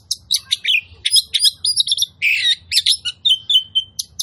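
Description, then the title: Oriental magpie-robin song, fast sequence of sharp chirps, buzzy rasps and short whistles, each note clipped and punchy. Song used as a lure to provoke other magpie-robins into aggression, tail-spreading and fighting display; full 'tembakan' bursts. "KACER NGOTOT FULL TEMBAKAN. Pancingan Kacer Gacor Plong Plongan Buat Kacer Lain Auto Emosi Buka Ekor Ngobra"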